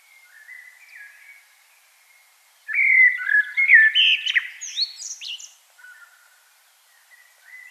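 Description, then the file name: Common blackbird: soft, warbling notes, then a loud, rich fluted phrase with high squeaky twitters, followed by faint quieter phrases. "Turdus merula"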